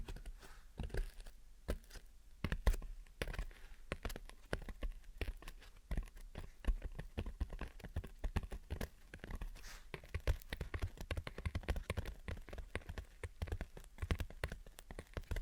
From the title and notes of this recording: Gentle Tapping and Scratching. (No Talking).